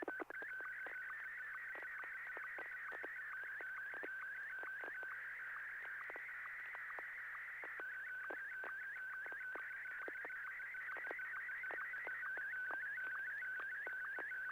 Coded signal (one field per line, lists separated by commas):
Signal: SSTV (slow-scan television)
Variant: Martin 1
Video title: N6NA SSTV Net ISS Picture Night - 10/7/2020